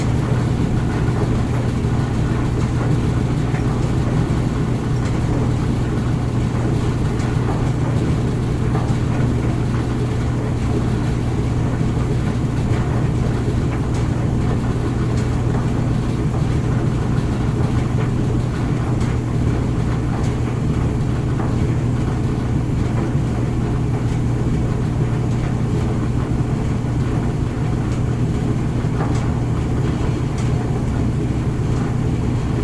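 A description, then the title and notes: A clothes dryer runs steadily, its low hum holding one even pitch with a strong drone near the bottom. Fainter ticks and soft knocks of tumbling clothes scatter through the middle and upper range, while the overall level stays constant throughout. Clothes Dryer Ambience. The gentle hum and rhythm of the dryer tumbling your clothes creates a calming ambience.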